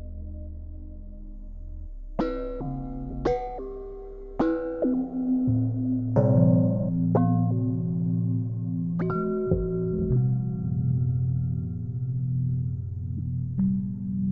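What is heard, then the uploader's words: Everyday metal objects and vessels are struck one after another, each hit ringing with a clear pitched tone that lingers and overlaps the next. Strikes land about once a second early on, near 2, 3, 4, 6, 7, 9 and 10 seconds, then the ringing slowly fades. Individual sounds of everyday objects like saucepan lids, wine glasses, tools and implements, vessels and containers. I strike the object once with something, perhaps a chopstick with a rubber band wound around one end, a wooden spoon or something else to hand, and record the sound it makes.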